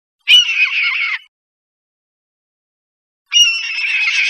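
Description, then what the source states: Red-tailed hawk giving harsh, raspy screams, each about a second long with a slight downward slur at the end; a second scream starts after a two-second pause, otherwise silent. Recorded 1 December 2008.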